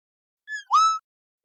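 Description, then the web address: Yellow-headed blackbird notes: a brief thin whistle followed by a sharper note that slides upward, with silence around them. "birdvocals CR YHBL"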